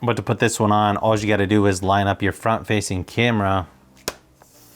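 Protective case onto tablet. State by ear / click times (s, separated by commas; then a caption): seated / 4.1 s. Someone talks while lining up a rigid plastic protective case with a tablet's front-facing camera and pressing it onto the tablet. After the talking stops, one sharp snap sounds at 4.1 s, followed by a faint tick, as the case corner snaps onto the tablet and seats.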